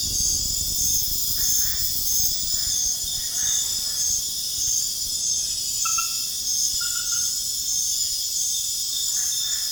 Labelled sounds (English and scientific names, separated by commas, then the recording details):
none
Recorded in pastures near Puerto Asís, Putumayo, Colombia, on 29 June 2025 at 22:00
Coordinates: 0.466, -76.322
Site GP07